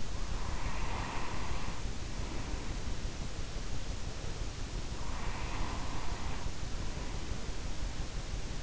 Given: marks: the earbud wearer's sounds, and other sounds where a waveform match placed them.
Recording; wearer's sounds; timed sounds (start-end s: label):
sounds in sleep by an in-ear microphone; breath
0.00-3.16 s: breath
4.81-7.71 s: breath